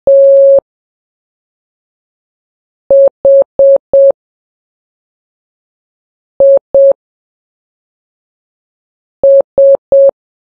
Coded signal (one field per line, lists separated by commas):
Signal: Morse code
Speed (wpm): 7 wpm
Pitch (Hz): 550 Hz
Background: none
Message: THIS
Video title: Morse Code Practice #4 (3 WPM)